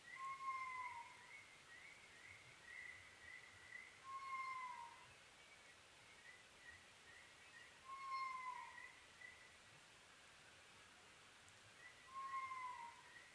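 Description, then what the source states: Oriental scops owl calling: low hooted notes repeated about every four seconds, with fainter higher short notes between them and a constant hiss of background noise. Recorded 21 May 2011 at 23:04, at night.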